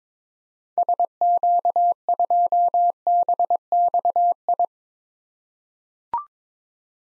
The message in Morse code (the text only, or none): SQ2BXI